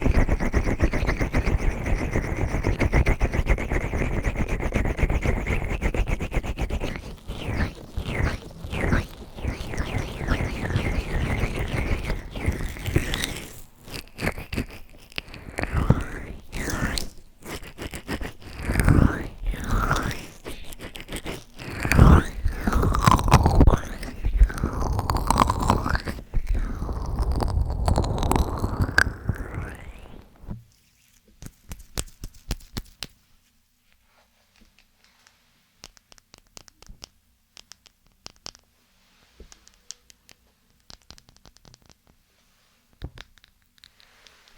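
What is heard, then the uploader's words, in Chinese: Ear cleaning with a feather-duster ear pick and massage: a dense, steady rustling and rubbing fills the first dozen seconds, then turns into uneven strokes and soft scraping swishes. After about thirty seconds it thins to sparse, faint ticks and scratches. 梵天掏耳和按摩。3D按摩与掏耳一起来。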